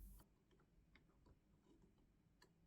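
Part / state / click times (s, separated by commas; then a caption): plastic spout pieces into the coffee machine's outlet assembly / not seated / none. Plastic spout pieces are handled while being lined up in the correct orientation to fit into the outlet assembly of a Philips coffee machine. Light plastic ticks and taps sound over about 2.8 seconds. Nothing has seated or clicked into place yet.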